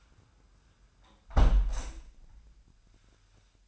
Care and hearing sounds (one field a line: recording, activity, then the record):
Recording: daily activity, microphone in the room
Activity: close window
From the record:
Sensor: 2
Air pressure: 998.4 hPa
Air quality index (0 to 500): 138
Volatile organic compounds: 4 ppm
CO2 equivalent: 1571 ppm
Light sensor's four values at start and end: 7/18/7/8 and 7/17/7/8